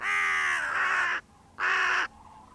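Bird uttering one long, drawn-out hoarse caw followed by a shorter, equally loud one.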